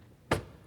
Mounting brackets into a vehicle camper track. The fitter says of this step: in it goes and you drop down the locks into place